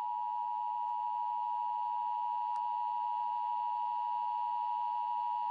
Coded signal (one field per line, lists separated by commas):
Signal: Emergency Alert System (SAME) tones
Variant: 853 and 960 Hz attention tone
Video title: Emergency Alert System RFID Warning 100th Video Special